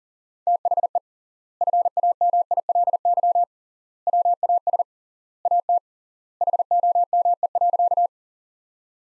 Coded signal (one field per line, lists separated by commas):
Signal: Morse code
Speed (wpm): 40 wpm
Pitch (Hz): 700 Hz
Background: none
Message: THE FAMILY WAS AT HOME.